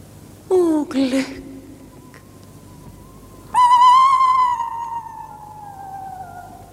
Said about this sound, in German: Furchtbar ist dieser Eulenruf. Halt ein, denn mich ergreift unselige Bangigkeit.